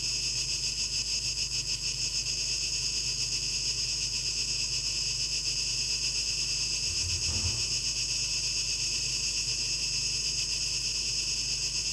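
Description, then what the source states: Continuous high cicada buzz with slight flickering pulses; a brief low thump midway and a steady low hum beneath. 12 August 2023; tape echo mix.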